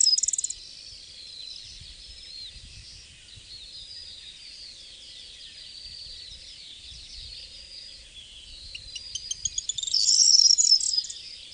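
Corn bunting song at the end, a quick accelerating jangle of high dry notes, after a long stretch of faint background birdsong.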